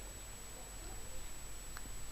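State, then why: Not seated. The 3-inch steel blade of a Victorinox GAK non-locking slip-joint pocketknife is handled as it is being opened toward its open position, held by the handle's backspring detent. A quiet background is broken by a brief, sharp tick at about 1.8 s. The blade has not yet snapped into place; nothing has seated or clicked yet.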